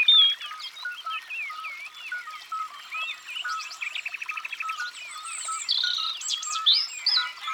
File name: Rougegorge familier